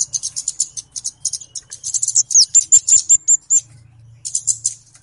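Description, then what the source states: Flowerpecker giving quick, high chipping notes, then a neat run of about six clear, even ticks, before a pause and another chattering burst. Flowerpecker song described as clear, used as a lure for trapping birds.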